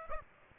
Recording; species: mosquito wingbeat signal from an infrared sensor; Aedes aegypti